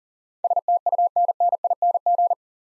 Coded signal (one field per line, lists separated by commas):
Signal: Morse code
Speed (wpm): 39 wpm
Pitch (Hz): 700 Hz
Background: none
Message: STUNNING